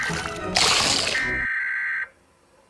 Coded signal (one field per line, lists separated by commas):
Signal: Emergency Alert System (SAME) tones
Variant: header bursts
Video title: EAS scenario:￼ it lurks in the darkness